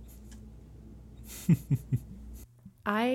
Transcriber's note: laughs